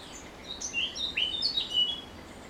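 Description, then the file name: Eurasian blackcap calls: a quick series of short, high, thin chirps at varying pitches, clustered in the middle, over a faint steady hiss. "Sylvia atricapilla"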